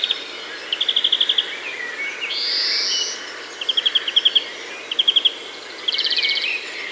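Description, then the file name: European greenfinch with quick dry trills, a drawn-out wheezy, slightly rising buzz in the middle, then further short trills and a final rasping burst; soft background hiss. "Chloris chloris"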